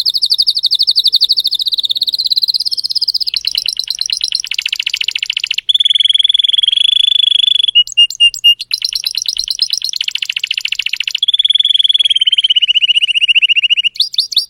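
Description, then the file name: Canary (Spanish Timbrado): canary song of continuous rolling trills, deep buzzy tours and bell-like repeated notes, changing pattern every couple of seconds without pause. Domestic canary singing, described as Belgian Spanish Timbrado. "canto do canario belga timbrado espanhol"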